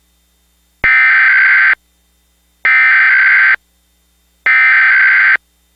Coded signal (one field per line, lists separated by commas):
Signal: Emergency Alert System (SAME) tones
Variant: header bursts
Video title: (VALID TONES) Creeper Cable Emergency Alert System - Illinois Required Monthly Test (March 4, 2008)